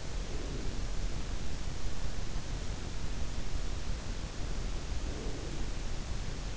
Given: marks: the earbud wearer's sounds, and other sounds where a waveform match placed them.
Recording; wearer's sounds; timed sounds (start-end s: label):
sounds in sleep by an in-ear microphone; breath
0.03-1.82 s: breath
5.02-6.57 s: breath